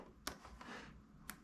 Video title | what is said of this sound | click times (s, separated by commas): Honda CT125 Postie, USB/ Volt Meter/ GPS wiring | and then push this in from the top, and as it goes in, clicks into place. | 0.3 s, 1.3 s